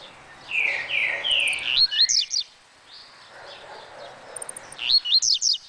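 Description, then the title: Double-collared seedeater song: a few drawn-out slurred notes, then a quick burst of sharp descending notes; after a pause, another similar burst. "Canto Coleiro"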